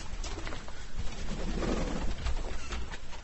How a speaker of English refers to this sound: It's an aviary. It's 15 foot long by about 9 foot wide. And we've got about sort of 20, 30 birds here? We've got about 40 birds at the moment, of about 5 or 6 different breeds.